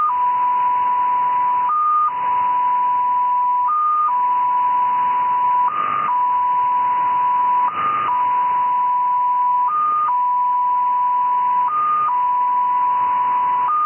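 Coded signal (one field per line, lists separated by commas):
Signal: numbers station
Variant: XPA2, 7.5 baud MFSK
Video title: XPA2 Number Station, SVR Russia, Null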